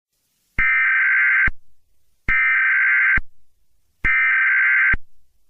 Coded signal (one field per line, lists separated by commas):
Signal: Emergency Alert System (SAME) tones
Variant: header bursts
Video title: EAS SCENARIO: Does Bad Things Guy: 11/20/2025. **HAS VALID TONES**